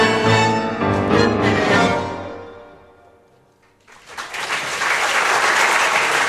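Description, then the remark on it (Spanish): A sustained instrumental chord fades away into near silence, then a loud burst of audience applause breaks out and holds steady, dense clapping filling the final seconds. “Aplausos. Ahí va, muchos, muchos aplausos.”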